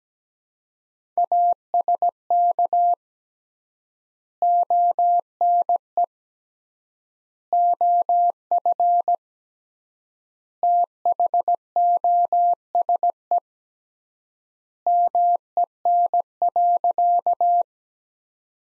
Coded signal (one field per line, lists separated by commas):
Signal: Morse code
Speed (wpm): 17 wpm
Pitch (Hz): 700 Hz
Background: none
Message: ASK ONE OF THOSE MEN.